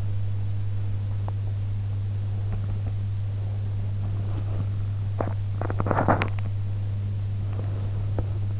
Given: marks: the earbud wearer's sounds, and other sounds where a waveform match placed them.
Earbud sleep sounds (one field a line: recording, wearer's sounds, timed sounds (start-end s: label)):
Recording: sounds in sleep by an in-ear microphone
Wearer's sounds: teeth grinding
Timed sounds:
1.11-1.48 s: teeth grinding
5.06-6.60 s: teeth grinding
7.47-8.38 s: teeth grinding